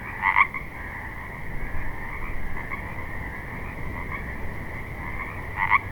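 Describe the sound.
Frogs calling, with a steady trilling chorus throughout and two louder croaks, one at the start and one near the end.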